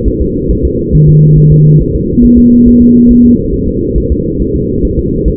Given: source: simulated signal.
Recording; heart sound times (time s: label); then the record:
fetal heart sounds
0.08 s: S1
0.21 s: S2
0.51 s: S1
0.65 s: S2
0.95 s: S1
1.09 s: S2
1.38 s: S1
1.52 s: S2
1.82 s: S1
1.95 s: S2
2.25 s: S1
2.38 s: S2
2.68 s: S1
2.81 s: S2
3.11 s: S1
3.25 s: S2
3.54 s: S1
3.68 s: S2
3.98 s: S1
4.12 s: S2
4.42 s: S1
4.55 s: S2
4.85 s: S1
4.99 s: S2
5.28 s: S1
From the record:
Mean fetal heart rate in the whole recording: 140 bpm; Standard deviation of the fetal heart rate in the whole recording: 2 bpm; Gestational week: 34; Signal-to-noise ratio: -14.7 dB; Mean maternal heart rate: 72 bpm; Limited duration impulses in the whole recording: present